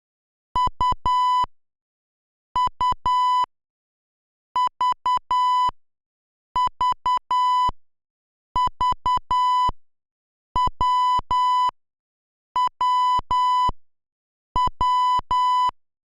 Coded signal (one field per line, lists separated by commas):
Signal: Morse code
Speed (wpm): 10 wpm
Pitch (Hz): 1000 Hz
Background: none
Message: U U V V V W W W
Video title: [8-bit/2A03] Morse Code Tracing